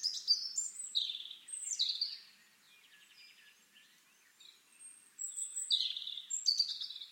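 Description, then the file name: European robin song of high, fluid warbled phrases sliding up and down, a quieter stretch in the middle, then more phrases, over a constant soft hiss. "Erithacus rubecula"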